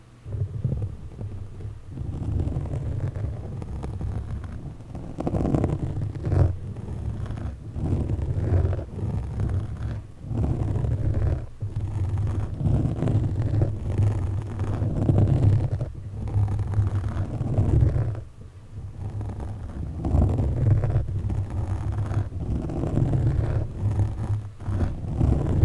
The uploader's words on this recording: ASMR Mic Scratching With Sharp Objects.